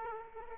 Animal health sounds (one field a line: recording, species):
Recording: mosquito wingbeat signal from an infrared sensor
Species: Aedes aegypti